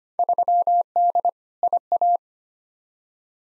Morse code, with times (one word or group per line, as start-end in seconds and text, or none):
0.2-1.3 3D
1.6-2.2 IA